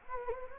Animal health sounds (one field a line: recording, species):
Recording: mosquito wingbeat signal from an infrared sensor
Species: Anopheles gambiae